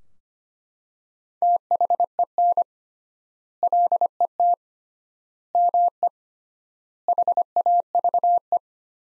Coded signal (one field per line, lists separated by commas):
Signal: Morse code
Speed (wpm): 25 wpm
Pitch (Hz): 700 Hz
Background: none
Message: THEN LET ME HAVE